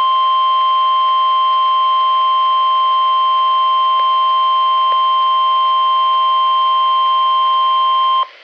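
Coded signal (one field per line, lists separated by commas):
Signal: Emergency Alert System (SAME) tones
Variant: 1050 Hz attention tone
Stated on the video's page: NWR Required Weekly Tests from NWS Spokane relayed by a weather radio station, recorded from a Reecom R-1630 weather radio with a Zoom H1 recorder.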